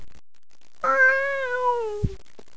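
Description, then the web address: Cat giving a single drawn-out meow, clear and harmonic, sliding gently downward in pitch over about a second, ending with a soft thump. "The Tropics Reef. meow"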